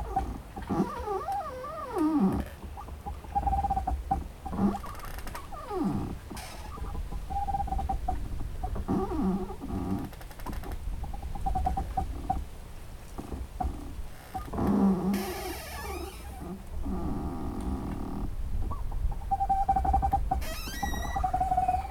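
Trees creak and groan in the wind, long sliding and wavering tones over a steady low rumble, with sharper squeals around fifteen and twenty-one seconds.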